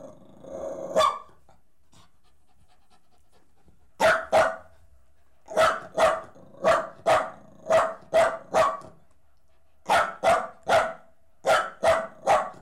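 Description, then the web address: Dog gives a single bark, then after a pause breaks into several quick runs of sharp barks. "The BBC Sound Effects Library - Complete 60 CDs Collection Sound Effects Library (Horses # 2 and Dogs)"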